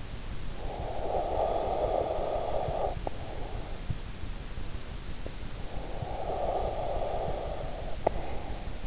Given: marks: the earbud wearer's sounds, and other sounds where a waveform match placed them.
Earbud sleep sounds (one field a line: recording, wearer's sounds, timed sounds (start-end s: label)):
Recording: sounds in sleep by an in-ear microphone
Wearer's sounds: breath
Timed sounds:
0.32-3.90 s: breath
5.26-8.87 s: breath